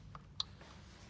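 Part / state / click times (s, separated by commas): wiring harness plug into its mounting hole in the vehicle steering column area / seated / 0.4 s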